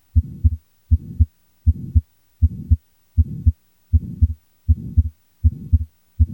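Adult heart by stethoscope diaphragm, patient supine, at about 79 beats per minute. A pulmonary ejection systolic murmur fills the gap between the first and second heart sounds, with transient (physiological) splitting of the second heart sound.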